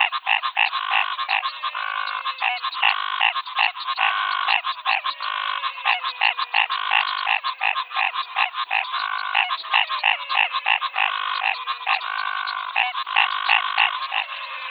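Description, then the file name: Frog chorus: dense overlapping croaks and bleating calls from many frogs, with occasional descending whistled notes. Frog chorus, 'rush hour', Pantanal, Brazil, 2022. "Froggy Rush Hour Pantanal Brazil"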